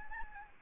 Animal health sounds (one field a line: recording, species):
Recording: mosquito wingbeat signal from an infrared sensor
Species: Aedes albopictus